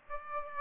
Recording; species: mosquito wingbeat signal from an infrared sensor; Aedes aegypti